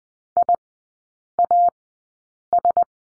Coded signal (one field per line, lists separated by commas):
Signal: Morse code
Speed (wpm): 20 wpm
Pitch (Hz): 700 Hz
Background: none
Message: IAS